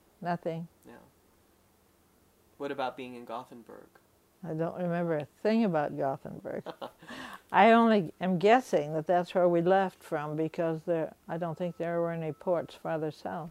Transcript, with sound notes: No, nothing.
What about being in Gothenberg?
I don't remember a thing about Gothenberg. (laughs) I only am guessing that that's where we left from because, I don't think there were any ports farther south.